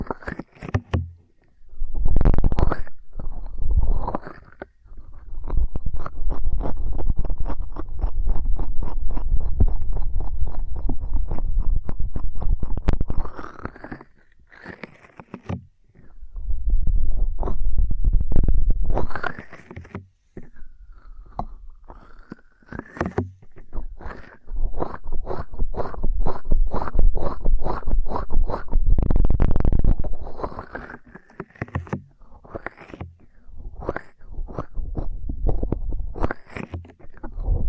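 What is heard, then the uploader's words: Ear cleaning sounds, with rough scratching and rubbing in long dense stretches from about 3 to 14 seconds, 16 to 20 seconds and 24 to 30 seconds. Between them come rapid clicky taps and crackles, some fast and regular, ending around 37 seconds with quick ticking. ASMR Intense Electrifying Ear Cleaning.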